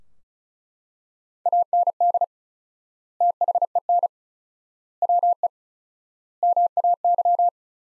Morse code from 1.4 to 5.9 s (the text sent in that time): AND THEN WE